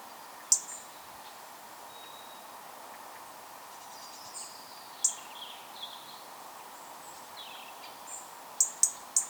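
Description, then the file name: European robin giving sharp, high ticking calls, singly and in a quick run of three near the end, with faint thin whistles over a steady hiss of background noise. "Erithacus rubecula"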